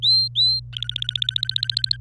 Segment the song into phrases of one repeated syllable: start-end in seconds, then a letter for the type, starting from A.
0.00-0.60 A, 0.73-1.97 B